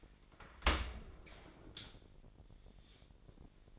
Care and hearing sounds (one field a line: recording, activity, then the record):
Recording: daily activity, microphone in the room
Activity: open dishwasher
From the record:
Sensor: 5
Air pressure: 1000.5 hPa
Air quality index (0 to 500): 249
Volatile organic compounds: 35 ppm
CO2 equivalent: 3059 ppm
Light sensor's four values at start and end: 31/72/29/27 and 31/72/29/27